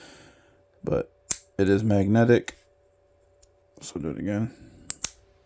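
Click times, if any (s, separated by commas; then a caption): 4.9 s. Someone talks as the two halves of an IUMIUN magnetic quick-release keychain are brought together again. The halves snap and lock with a sharp click at 4.9 s, and the keychain is firmly seated.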